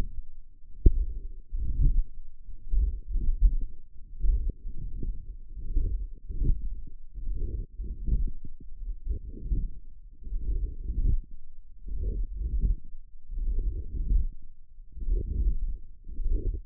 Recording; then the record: forearm muscle sounds (acoustic myography)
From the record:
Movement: wrist extension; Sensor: system 1, eight BSWA MPA416 microphones around the upper forearm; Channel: 8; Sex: female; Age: 20 years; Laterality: right